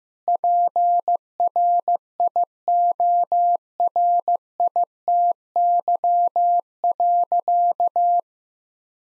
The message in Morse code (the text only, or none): PRIORITY.